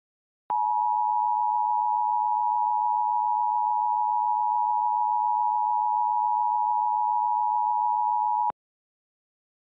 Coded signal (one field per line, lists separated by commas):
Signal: Emergency Alert System (SAME) tones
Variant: 853 and 960 Hz attention tone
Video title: EAS Recreation (06/19/18): Flooding in Nueces County